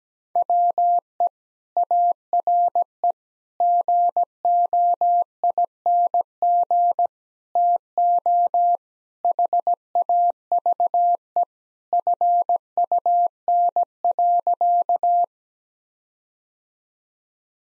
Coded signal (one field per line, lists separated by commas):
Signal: Morse code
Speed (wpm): 17 wpm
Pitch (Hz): 700 Hz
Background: none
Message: WE ARE GOING TO HAVE FUN.